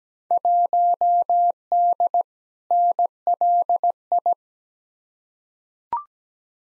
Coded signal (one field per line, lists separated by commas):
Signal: Morse code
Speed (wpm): 17 wpm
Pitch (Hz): 700 Hz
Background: none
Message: 1D NLI